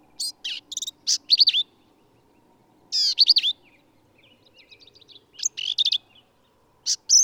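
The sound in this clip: Black-capped vireo delivering busy bursts of squeaky, buzzy and slurred notes, with soft rapid ticking between phrases and a low background hum.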